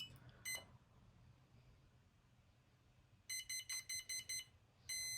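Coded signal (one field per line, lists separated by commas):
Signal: beep code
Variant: brushless ESC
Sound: a single beep, a pause, six quick high beeps, then a sustained beep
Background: quiet room hum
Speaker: Then you hear the 2 beeps, move it to the top, and then move it to the bottom. And then it's saved, and you have soft start on your motor now.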